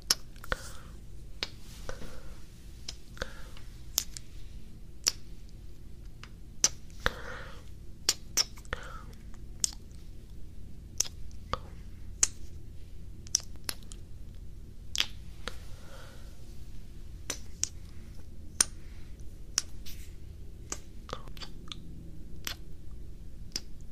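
Wet mouth sounds and kissy smacks pop sharply every second or so over a steady low hum, with soft sticky clicks scattered throughout.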